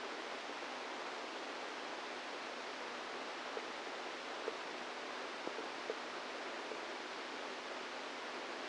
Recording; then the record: brain microelectrode recording played as sound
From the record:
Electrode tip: inside the subthalamic nucleus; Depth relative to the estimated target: -1 mm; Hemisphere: right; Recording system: NeuroSet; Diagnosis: Parkinson's disease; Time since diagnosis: 10 years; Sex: female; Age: 45 years